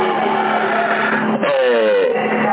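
The small motor mechanism of an antenna tuner whirs with a steady, buzzing mechanical hum while tuning. After a brief dip it resumes, its pitch sliding and shifting as the mechanism turns.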